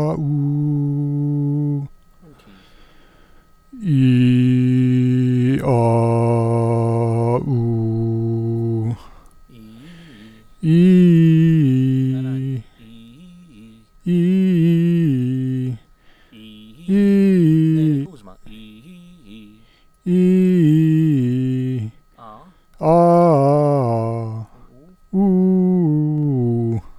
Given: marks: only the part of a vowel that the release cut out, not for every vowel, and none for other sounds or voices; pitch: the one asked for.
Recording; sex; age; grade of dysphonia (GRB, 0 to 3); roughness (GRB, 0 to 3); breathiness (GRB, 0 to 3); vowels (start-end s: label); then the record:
sustained vowels; male; 30 to 39 years; 1; 0; 1
0.35-1.70 s: vowel /u/, high pitch
4.05-5.46 s: vowel /i/, low pitch
5.76-7.26 s: vowel /a/, low pitch
7.57-8.82 s: vowel /u/, low pitch
20.17-21.72 s: vowel /i/, low-high-low pitch
22.93-24.11 s: vowel /a/, low-high-low pitch
25.25-26.67 s: vowel /u/, low-high-low pitch
From the record:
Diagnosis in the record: healthy voice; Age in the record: 32 years